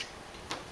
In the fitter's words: Hear the snap? Nice and secure.